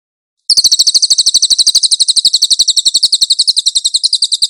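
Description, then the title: Cililin song: a long, fast, high-pitched trill of even buzzy notes, running steadily for about four seconds without a break. Master (tutor) song of the cililin, clear audio. "MASTER SANGAT BAGUS SUARA BURUNG CILILIN, AUDIO JERNIH"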